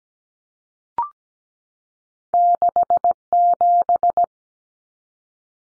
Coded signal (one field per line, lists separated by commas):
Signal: Morse code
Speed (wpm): 17 wpm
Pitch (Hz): 700 Hz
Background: none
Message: 67